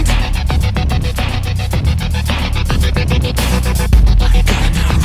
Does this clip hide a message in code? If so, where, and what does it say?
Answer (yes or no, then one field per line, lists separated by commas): no